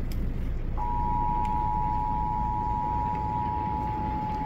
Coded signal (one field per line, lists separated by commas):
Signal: Emergency Alert System (SAME) tones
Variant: 853 and 960 Hz attention tone